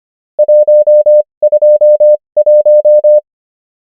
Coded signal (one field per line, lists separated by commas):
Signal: Morse code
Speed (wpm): 25 wpm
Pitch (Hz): 600 Hz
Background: none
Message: 121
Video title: morse code practice | 25wpm | 21fw | numbers | ENGLISH